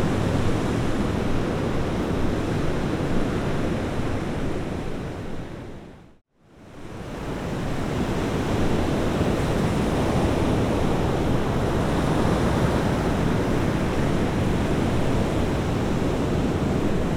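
Gentle ocean surf makes a steady, dense wash of rushing water, fullest in the low end with a soft hiss above. Around six seconds the sound fades to near silence, then swells back to the same even roar for the rest of the clip.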